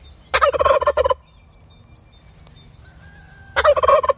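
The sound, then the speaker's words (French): Turkeys gobble in an orchard with trees and a meadow, in two loud, rapid, warbling bursts, one at the start and one near the end, separated by a quieter stretch with faint high bird calls and low background rumble. “Et là, ils vivent leur vie de dindon.”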